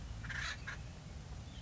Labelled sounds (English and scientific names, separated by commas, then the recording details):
Acorn Woodpecker (Melanerpes formicivorus)
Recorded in Sonoma County, California